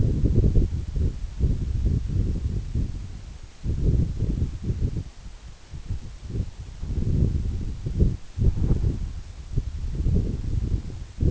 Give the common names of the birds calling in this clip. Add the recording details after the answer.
none. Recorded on Arctic tundra, site EABA-1, on 26 June 2018. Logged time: 08:00